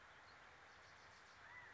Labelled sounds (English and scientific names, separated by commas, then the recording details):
California Quail (Callipepla californica)
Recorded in Sonoma County, California